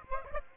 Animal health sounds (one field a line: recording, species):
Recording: mosquito wingbeat signal from an infrared sensor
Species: Aedes aegypti